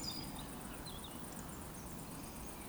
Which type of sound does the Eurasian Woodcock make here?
whistle